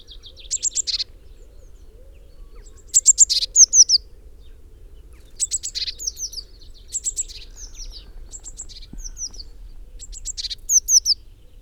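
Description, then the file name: Eurasian blue tit calls: several groups of short high ticks followed by downslurred notes, over a faint low hum. "Cyanistes caeruleus"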